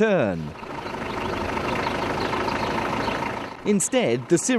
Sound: the sound of a vehicle driving down a road

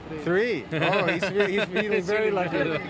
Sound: laughing

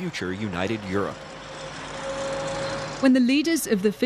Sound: the sound of dignitaries arriving at a diplomatic summit

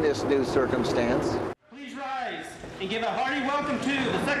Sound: The sounds of Secretary Rumsfeld being introduced to US troops in Uzbekistan

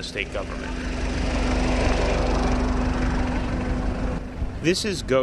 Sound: the sound of a truck traveling down a road

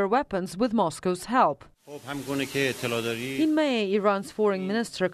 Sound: The sound of a press conference held by Iran’s Foreign Minister

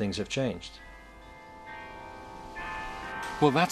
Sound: with the sound of town bells ringing in the background

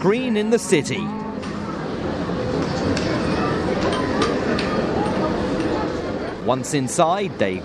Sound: the sound of a busy movie theater

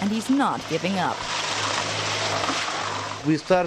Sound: the sound of bulldozers tearing town a house

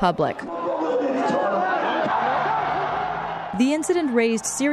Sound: the sounds of riot police fighting with demonstrators

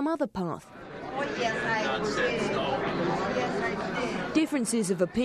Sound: the sounds of a busy conference

